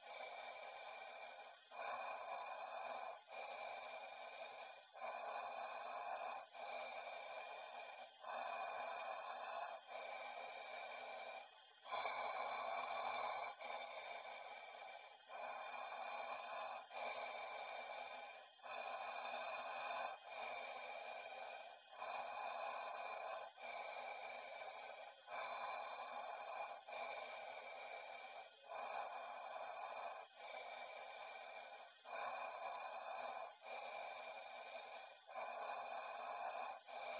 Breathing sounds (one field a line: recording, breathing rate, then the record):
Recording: paced breathing near a phone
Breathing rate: 18 breaths a minute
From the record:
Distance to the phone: 20 cm